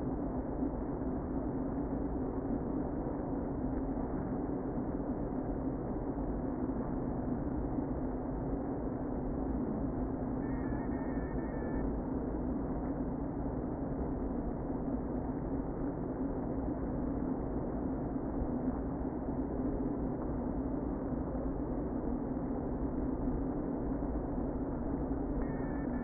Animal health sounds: honeybee colony, microphone inside the hive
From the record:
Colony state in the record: queen present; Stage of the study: before two queens were removed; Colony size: about 60,000 bees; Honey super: yes

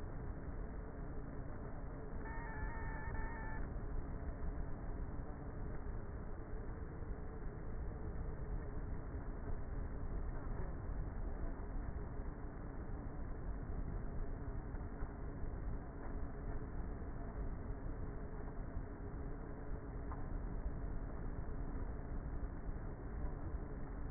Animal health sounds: honeybee colony, microphone inside the hive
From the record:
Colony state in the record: queenless with a low population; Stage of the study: before two queens were removed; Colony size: about 30,000 bees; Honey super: no

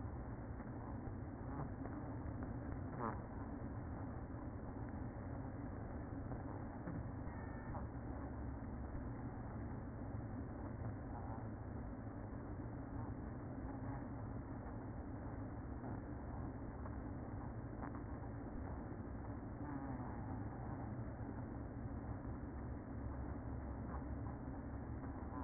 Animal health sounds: honeybee colony, microphone inside the hive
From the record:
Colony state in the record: queen present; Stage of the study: after two queens were removed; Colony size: about 60,000 bees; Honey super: yes

